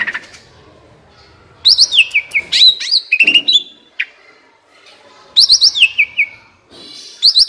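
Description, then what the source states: Asian pied starling song in bursts: a quiet opening, then loud falling whistles and chirps, a pause, and another fast whistled burst. Masteran (training song) for birds that sing too little and are sluggish.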